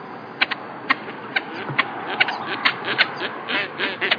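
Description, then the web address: Great crested grebe calls, short grating notes repeated about every half second with brief rattling phrases between them. "allan-kierulff Toppet-lappedykker"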